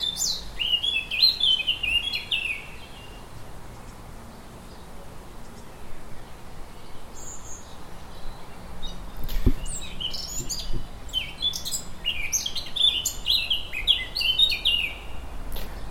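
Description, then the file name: Eurasian blackcap singing a rich warbled phrase of quick varied notes, then after a pause a longer second burst of varied notes, over steady low background rumble. "Sylvia atricapilla"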